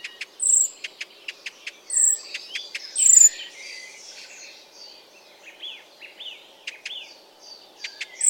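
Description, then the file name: Icterine warbler song: thin, high whistled notes and short sharp clicks, with soft scratchy twittering between them. "Ruud van Beusekom - Zelenaya peresmeshka Hippolais icterina"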